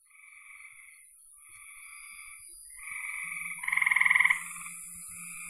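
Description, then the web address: Frog calling: a few quieter trilled calls, then a loud rattling pulsed trill, with a low hum underneath near the end. "cn frogs"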